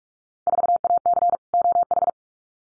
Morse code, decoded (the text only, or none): 4AC OH